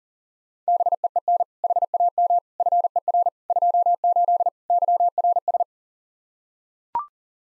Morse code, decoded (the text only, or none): BEEN HAM FER 28 YRS